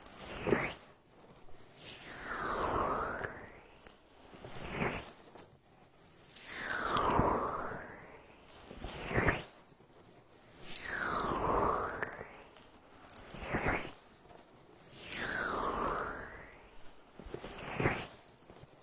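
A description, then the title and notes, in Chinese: Vigorous oily rubbing over the ear, in slow rhythmic strokes that swell and fade about every two seconds. Each stroke has a wet, slick, rushing sound, and short sharp squelches or taps land roughly every four seconds between strokes. 暴力精油搓耳！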